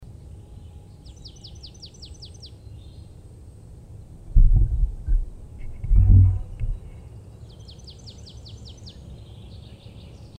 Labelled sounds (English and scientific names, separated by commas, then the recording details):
Marsh Tit (Poecile palustris) song
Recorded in the wild
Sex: male
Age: adult
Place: Freiburg, Baden-Württemberg, DE
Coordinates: 48.0333, 7.82472
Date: 1960-03-28
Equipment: Maihak MMK 4, Sennheiser MD 82
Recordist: Thielcke, Gerhard
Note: Freiburg, Mooswald, Gesang